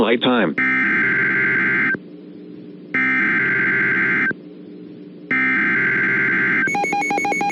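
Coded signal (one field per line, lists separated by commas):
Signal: Emergency Alert System (SAME) tones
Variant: header bursts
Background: speech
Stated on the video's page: Recreation of a fictional EAS scenario for an EF6 tornado, redone from another creator's original.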